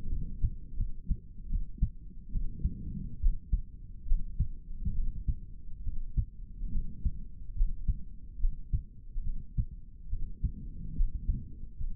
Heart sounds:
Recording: heart sounds by stethoscope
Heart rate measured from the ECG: 72 bpm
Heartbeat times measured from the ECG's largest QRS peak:
0.08 s: heartbeat
0.76 s: heartbeat
1.48 s: heartbeat
2.31 s: heartbeat
3.20 s: heartbeat
4.06 s: heartbeat
4.94 s: heartbeat
5.83 s: heartbeat
6.71 s: heartbeat
7.55 s: heartbeat
8.39 s: heartbeat
9.23 s: heartbeat
10.09 s: heartbeat
10.94 s: heartbeat
11.77 s: heartbeat
From the record:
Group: healthy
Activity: rest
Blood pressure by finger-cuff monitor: 85/47 mmHg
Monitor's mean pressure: 59 mmHg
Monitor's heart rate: 70 bpm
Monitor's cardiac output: 4.6 L/min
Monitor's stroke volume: 57 mL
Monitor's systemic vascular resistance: 1020 dyn s/cm5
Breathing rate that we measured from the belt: 16 breaths a minute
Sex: male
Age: 55 years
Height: 167 cm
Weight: 57.2 kg

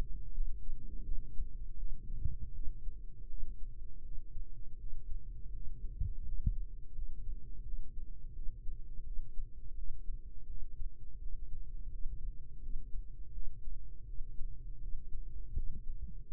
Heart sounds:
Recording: heart sounds by microphone in the right ear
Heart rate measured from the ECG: 83 bpm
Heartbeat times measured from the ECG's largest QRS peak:
0.32 s: heartbeat
1.03 s: heartbeat
1.77 s: heartbeat
2.53 s: heartbeat
3.28 s: heartbeat
4.02 s: heartbeat
4.77 s: heartbeat
5.52 s: heartbeat
6.23 s: heartbeat
6.93 s: heartbeat
7.63 s: heartbeat
8.33 s: heartbeat
9.04 s: heartbeat
9.75 s: heartbeat
10.47 s: heartbeat
11.19 s: heartbeat
11.89 s: heartbeat
12.60 s: heartbeat
13.32 s: heartbeat
14.05 s: heartbeat
14.79 s: heartbeat
15.54 s: heartbeat
16.27 s: heartbeat
From the record:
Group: healthy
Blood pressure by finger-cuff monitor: 108/70 mmHg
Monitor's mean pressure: 86 mmHg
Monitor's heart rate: 81 bpm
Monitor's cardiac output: 5.1 L/min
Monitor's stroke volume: 61 mL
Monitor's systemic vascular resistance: 1250 dyn s/cm5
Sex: female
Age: 51 years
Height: 162 cm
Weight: 70.04 kg

